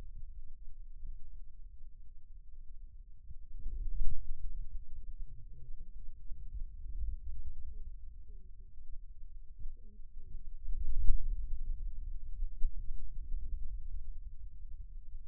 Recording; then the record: forearm muscle sounds (acoustic myography)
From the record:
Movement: hand closing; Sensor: system 2, bracelet of six BSWA MPA416 microphones around the upper forearm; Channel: 1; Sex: male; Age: 22 years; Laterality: right